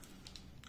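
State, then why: Seated. The other end of a watch band's spring pin is pressed into the opposite lug of a Nexus P90 smartwatch case. Two short, sharp clicks are heard at 0.3 s and 0.4 s over a low background hum, with a faint tick near the start and another near the end. The pin is seated on that side.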